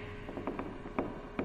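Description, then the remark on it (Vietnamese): Wooden bed joints creak and groan as the bed shakes violently, in a series of irregular strained squeaks, with sharper cracks standing out over a steady low rumble of background noise. “Tiếng mộng giường bị vặn, cứ cót ca cót két, nghe đến rợn cả người.”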